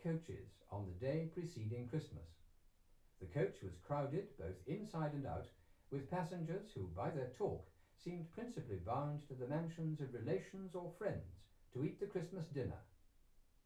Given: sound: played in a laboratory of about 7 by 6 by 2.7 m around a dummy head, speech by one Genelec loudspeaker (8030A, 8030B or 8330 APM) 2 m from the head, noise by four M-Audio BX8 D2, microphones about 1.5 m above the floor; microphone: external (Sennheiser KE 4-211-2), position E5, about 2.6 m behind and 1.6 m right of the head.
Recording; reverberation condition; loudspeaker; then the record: male speech in English; low; 150 degrees to the left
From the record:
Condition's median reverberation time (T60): about 310 ms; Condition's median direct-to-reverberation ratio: about 3.5 dB